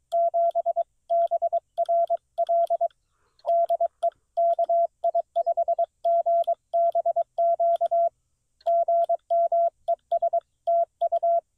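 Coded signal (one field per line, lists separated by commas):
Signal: Morse code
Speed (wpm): 22 wpm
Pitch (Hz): 680 Hz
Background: none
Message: 7 BRL DE KI5GBQ GM ES TU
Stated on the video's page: CW park activation on 20 meters in tough band conditions, Xiegu G90 at 20 watts into an end-fed half-wave antenna.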